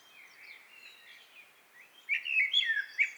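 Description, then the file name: Eurasian blackbird: faint warbling notes at first, then a clearer fluted phrase with high squeaky twitters at the end. "Turdus merula"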